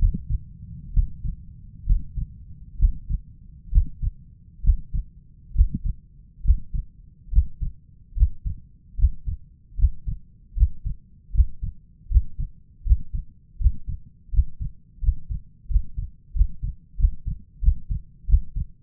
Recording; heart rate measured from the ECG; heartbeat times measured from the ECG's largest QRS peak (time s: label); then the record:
heart sounds by stethoscope; 76 bpm
0.94 s: heartbeat
1.86 s: heartbeat
2.79 s: heartbeat
3.72 s: heartbeat
4.63 s: heartbeat
5.55 s: heartbeat
6.44 s: heartbeat
7.32 s: heartbeat
8.16 s: heartbeat
8.98 s: heartbeat
9.78 s: heartbeat
10.56 s: heartbeat
11.33 s: heartbeat
12.10 s: heartbeat
12.85 s: heartbeat
13.60 s: heartbeat
14.32 s: heartbeat
15.02 s: heartbeat
15.69 s: heartbeat
16.35 s: heartbeat
16.98 s: heartbeat
17.62 s: heartbeat
18.28 s: heartbeat
From the record:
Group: healthy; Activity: breath hold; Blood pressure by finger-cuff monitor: 148/94 mmHg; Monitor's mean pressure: 107 mmHg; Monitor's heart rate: 76 bpm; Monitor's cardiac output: 6.9 L/min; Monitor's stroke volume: 90 mL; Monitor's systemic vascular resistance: 1160 dyn s/cm5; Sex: male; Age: 23 years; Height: 179 cm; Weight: 87 kg